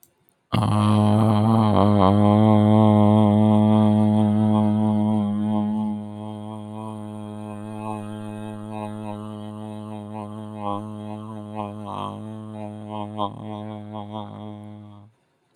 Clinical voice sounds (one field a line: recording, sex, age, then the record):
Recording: vowel held as long as possible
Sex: male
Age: 30 to 39 years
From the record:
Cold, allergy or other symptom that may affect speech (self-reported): no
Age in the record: 33 years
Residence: Georgia, United States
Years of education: 16